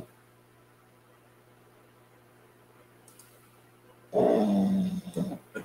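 After about four seconds of quiet room hum, a male dog gives one loud, low, rumbling snore lasting about a second, then two brief snuffling breaths. This is ordinary dog snoring during sleep, heard indoors.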